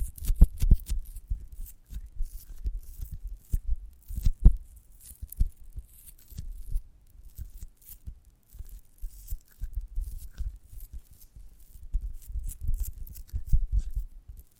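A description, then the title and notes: A giant gummy bear is handled and chewed, with soft low thumps and sticky, crackling squishes. The sounds come in irregular clusters every second or so, with brief quiet gaps. ASMR of a Giant Gummy Bear (No Talking).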